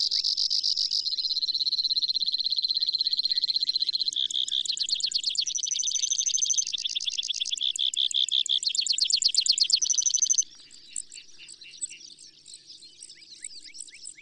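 Bird song: a long, continuous high trill shifting in speed and pitch several times over ten seconds, then dropping to scattered faint chirps.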